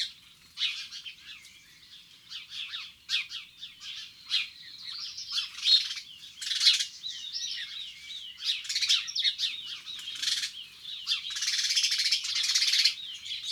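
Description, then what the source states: House sparrow chirping, dense overlapping chirps and twittering, with louder bursts around the middle and toward the end. Garden birds.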